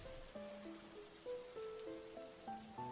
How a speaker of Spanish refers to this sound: Afuera llueve.